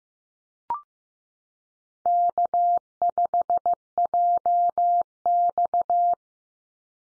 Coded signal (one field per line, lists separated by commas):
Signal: Morse code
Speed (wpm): 15 wpm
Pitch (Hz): 700 Hz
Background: none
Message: K5JX